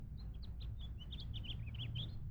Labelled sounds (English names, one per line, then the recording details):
House Finch song
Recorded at Lynbrook on Long Island, New York, on 17 June 1975
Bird D